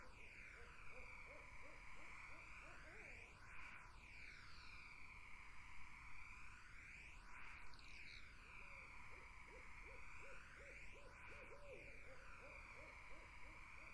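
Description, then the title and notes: Barred owls calling in rapid runs of short, arching hoots, one burst early and a longer series later, over a steady high insect drone and swirling, phasing background hiss. Wetland in summer. "Barred Owls in a Summer Wetland. The Wild Life"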